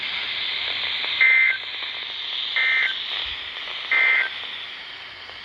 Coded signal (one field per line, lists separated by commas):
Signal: Emergency Alert System (SAME) tones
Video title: EAS #185 and #186 - Severe Thunderstorm Warnings!